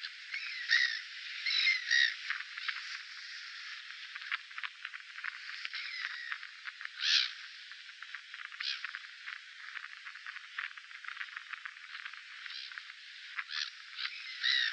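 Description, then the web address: Grey-headed gull calls, harsh nasal squawks and cackles overlapping in a busy chorus of many birds, with a louder drawn-out cry near the middle. "cantos gaviocapugris"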